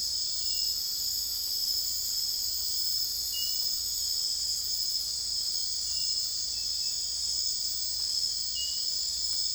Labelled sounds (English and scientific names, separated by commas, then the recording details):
none
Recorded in secondary vegetation near Puerto Asís, Putumayo, Colombia, on 26 December 2024 at 02:30
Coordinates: 0.484, -76.319
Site GP06